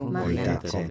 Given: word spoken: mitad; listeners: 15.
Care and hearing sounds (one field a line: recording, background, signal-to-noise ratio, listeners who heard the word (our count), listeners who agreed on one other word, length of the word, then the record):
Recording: one Spanish word in noise, from a listening test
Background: four-talker babble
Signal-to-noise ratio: -1.7 dB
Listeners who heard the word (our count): 0 of 15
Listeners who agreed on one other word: 8 of 15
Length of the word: 0.50 s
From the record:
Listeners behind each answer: 8, 4, 1, 1, 1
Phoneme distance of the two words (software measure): 47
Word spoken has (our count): 2 syllables, 5 phonemes, stress on syllable 2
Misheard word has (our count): 2 syllables, 4 phonemes, stress on syllable 1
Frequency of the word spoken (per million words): 116.05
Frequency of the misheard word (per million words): 73.67